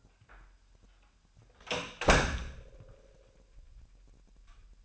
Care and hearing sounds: daily activity, microphone in the room; close door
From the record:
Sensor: 2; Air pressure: 998.3 hPa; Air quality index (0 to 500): 136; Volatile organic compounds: 3 ppm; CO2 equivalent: 1537 ppm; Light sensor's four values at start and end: 12/35/14/14 and 12/35/14/14

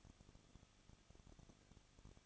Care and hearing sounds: daily activity, microphone in the room; no activity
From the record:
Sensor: 4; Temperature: 23.0 degrees Celsius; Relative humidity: 34.2%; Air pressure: 1007.2 hPa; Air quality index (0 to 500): 213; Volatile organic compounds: 14 ppm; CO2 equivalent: 2457 ppm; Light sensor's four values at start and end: 2/3/1/1 and 2/3/1/1

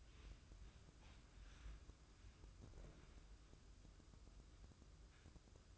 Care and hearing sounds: daily activity, microphone in the room; wipe stove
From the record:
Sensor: 2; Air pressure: 996.0 hPa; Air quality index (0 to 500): 91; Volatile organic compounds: 4 ppm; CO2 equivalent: 1664 ppm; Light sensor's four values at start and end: 23/76/30/28 and 23/75/29/27

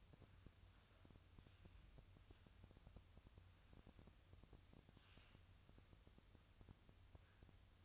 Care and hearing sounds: daily activity, microphone in the room; wipe stove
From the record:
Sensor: 2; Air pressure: 1004.6 hPa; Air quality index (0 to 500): 74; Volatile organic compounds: 1 ppm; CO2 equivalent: 882 ppm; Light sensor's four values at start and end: 7/16/6/7 and 7/16/6/7

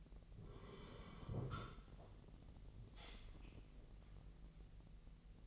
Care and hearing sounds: daily activity, microphone in the room; sit down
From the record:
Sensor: 4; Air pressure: 1002.4 hPa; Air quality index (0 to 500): 248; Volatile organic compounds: 38 ppm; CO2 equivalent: 3116 ppm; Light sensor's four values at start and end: 11/25/10/10 and 11/25/10/10

